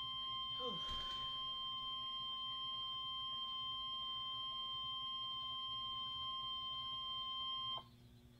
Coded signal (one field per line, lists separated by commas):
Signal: Emergency Alert System (SAME) tones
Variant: 1050 Hz attention tone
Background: speech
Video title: Tornado Warning for 3 Counties in Southern IL (EAS #718)